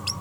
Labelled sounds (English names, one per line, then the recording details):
Green-rumped Parrotlet babbling
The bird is a female
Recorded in a nest box in Venezuela
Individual 17B42A4